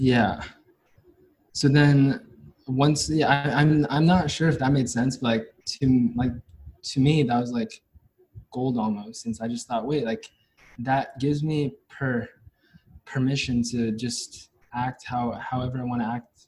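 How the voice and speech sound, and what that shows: Adult male speaker who has stuttered since age 5 or 6, with a biological father and maternal grandfather who also stutter, and speech therapy in childhood. Stuttering is heard in conversational English: word and phrase repetitions ('like to... like to me', 'how... however'), a broken first syllable before 'permission', and prolonged sounds.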